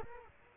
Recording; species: mosquito wingbeat signal from an infrared sensor; Culex quinquefasciatus